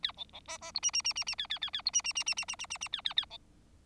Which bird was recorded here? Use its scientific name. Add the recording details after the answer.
Lonchura striata domestica. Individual Bird4